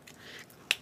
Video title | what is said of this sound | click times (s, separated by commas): Gel Pens 102 - Coloring and Blending Basics | caps on listen for that click there | 0.7 s